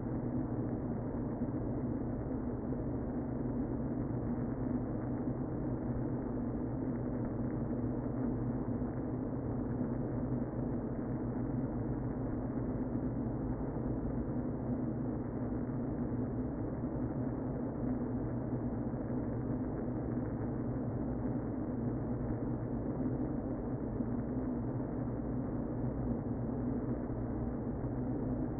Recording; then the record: honeybee colony, microphone inside the hive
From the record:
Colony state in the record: queen present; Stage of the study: before two queens were removed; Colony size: about 60,000 bees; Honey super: yes